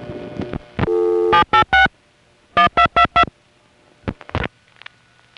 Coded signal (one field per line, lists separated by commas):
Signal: DTMF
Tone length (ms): 100 ms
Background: music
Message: 786 1222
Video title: Southern California Phone Tapes 1: #5 Crossbar in Van Nuys, Summer 1974